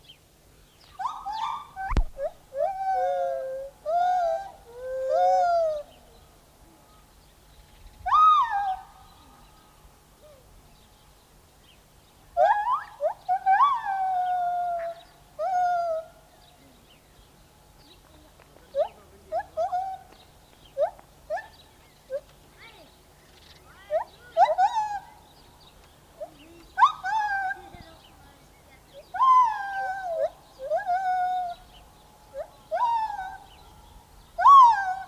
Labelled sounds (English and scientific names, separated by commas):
Lar Gibbon (Hylobates lar) song